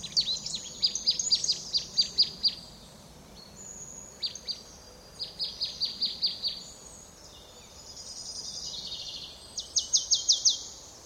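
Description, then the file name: Marsh tit giving series of quick, high, downslurred notes in short bursts. "Poecile palustris"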